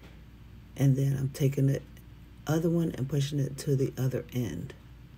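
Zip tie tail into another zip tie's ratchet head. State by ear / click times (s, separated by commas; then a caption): not seated / none. A second plastic zip tie, one of two from Dollar Tree, has its tail pushed into the ratchet head at the end of the first tie to join them. Someone talks throughout, with quiet background in the pauses. Nothing has clicked or seated yet by the end of the clip.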